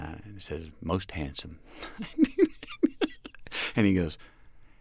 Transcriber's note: laughter